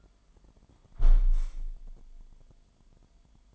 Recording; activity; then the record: daily activity, microphone in the room; close window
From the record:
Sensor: 5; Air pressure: 998.6 hPa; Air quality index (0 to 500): 101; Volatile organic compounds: 2 ppm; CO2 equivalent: 1167 ppm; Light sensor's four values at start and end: 34/83/34/39 and 34/83/34/39